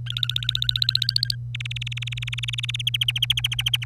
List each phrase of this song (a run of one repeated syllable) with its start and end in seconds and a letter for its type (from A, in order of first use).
0.06-1.35 A, 1.54-2.82 B, 2.87-3.85 C